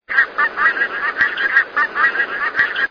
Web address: ges zbozowa